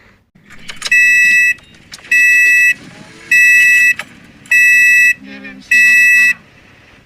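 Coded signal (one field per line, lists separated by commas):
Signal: none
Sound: a car's warning beeps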